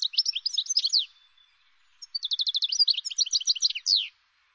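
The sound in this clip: Bird chattering: a quick burst of high chirps, a short pause, then a rapid trill and more sharp descending chirps.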